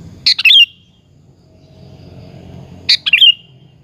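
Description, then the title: Sooty-headed bulbul song: two short, bubbly chuckling phrases roughly two and a half seconds apart, over a faint low background hum. "Kutilang"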